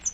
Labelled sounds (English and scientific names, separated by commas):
Pine Warbler (Setophaga pinus) flight call